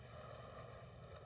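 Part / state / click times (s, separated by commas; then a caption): computer module into its slot/latch on the motherboard build / not seated / none. A computer module is held at its slot and latch on a motherboard during a build, placed straight in, angled away from the top latch and rocked toward place. Only a steady low rumble and broadband hiss are heard, with no sharp hits. Nothing has seated or clicked yet.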